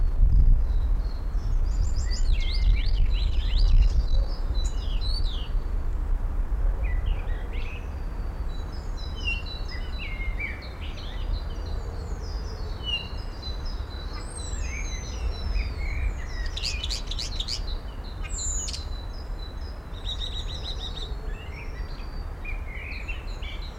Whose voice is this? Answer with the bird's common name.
European Starling